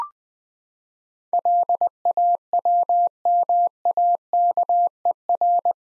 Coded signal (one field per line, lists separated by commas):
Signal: Morse code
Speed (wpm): 20 wpm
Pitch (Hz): 700 Hz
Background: none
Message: LAWMAKER